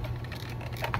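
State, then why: Not seated. A 2009 Corolla fuel pump is handled and pushed toward its module bracket against a steady low hum, with faint light ticks and a few short sharp knocks near the end. Nothing has seated or clicked into place yet.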